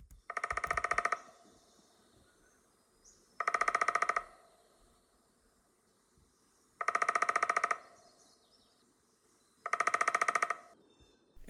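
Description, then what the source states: Downy Woodpecker drumming: four short, even drum rolls, each under a second long, spaced roughly three seconds apart. Played again for comparison; drum slower than the Hairy Woodpecker's; intervals between drums shortened in the recording, much longer in reality.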